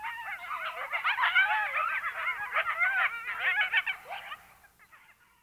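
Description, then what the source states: Coyote chorus of quavering yips and short howls, loud for most, then fading away near the end. Barks, yips and howls heard at night over much of North America, from western deserts and mountains to eastern backwoods.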